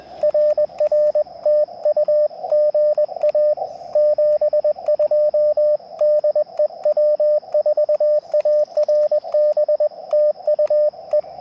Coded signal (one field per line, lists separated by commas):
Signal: Morse code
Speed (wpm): 21 wpm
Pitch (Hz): 600 Hz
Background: radio noise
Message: RR TU GA 72 DE W4ARB TU E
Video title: POTA QRP CW - 05/31/23 @ K-4451